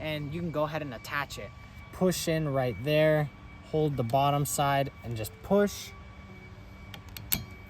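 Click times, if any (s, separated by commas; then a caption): 7.3 s. Someone talks while a plastic wiper blade adapter is pushed onto the metal windshield wiper arm of a BMW 3 Series (E90, E91, E92, E93), with the bottom side held. A few faint ticks come at about 6.9 to 7.2 seconds, then a sharp click at 7.3 seconds as the wiper blade seats onto the arm.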